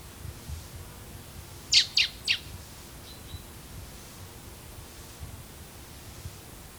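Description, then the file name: Common blackbird calling three sharp, high, falling notes close together, followed by a faint thin note and then quiet background hiss. "Turdus merula"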